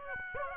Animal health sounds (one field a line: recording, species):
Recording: mosquito wingbeat signal from an infrared sensor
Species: Aedes aegypti